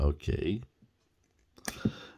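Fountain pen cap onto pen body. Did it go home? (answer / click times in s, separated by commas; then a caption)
yes / 1.7 s. Someone talks, then the metal cap of a Waterman Carene DeLuxe Intense Blue fountain pen is pushed onto the pen body until the small metallic clip parts inside catch. A faint tap comes at 1.6 s, followed by a sharp metallic click at 1.7 s. The cap is seated and clicked shut.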